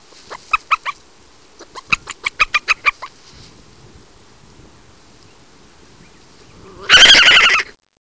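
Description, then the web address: European badger chittering then screaming: a rapid series of short, sharp clicking chirps over three seconds, a pause, then one loud, rasping scream lasting under a second. "voice Meles meles"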